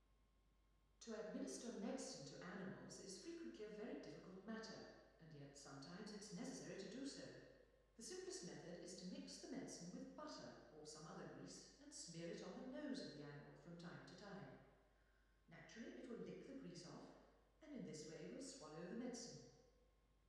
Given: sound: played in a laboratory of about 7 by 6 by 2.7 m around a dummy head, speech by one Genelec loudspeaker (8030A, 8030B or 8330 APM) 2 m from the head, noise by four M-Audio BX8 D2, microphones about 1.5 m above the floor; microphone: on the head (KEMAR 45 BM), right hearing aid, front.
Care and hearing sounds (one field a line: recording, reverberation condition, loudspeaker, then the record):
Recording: female speech in English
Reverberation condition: high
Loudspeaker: behind (180 degrees)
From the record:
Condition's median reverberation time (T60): about 1300 ms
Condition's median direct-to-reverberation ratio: about -4.0 dB